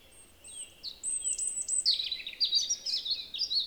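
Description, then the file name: European robin song: faint thin whistles, then a clear high piping note and a lively, rapid, tinkling cascade of high notes to the end. "Erithacus rubecula"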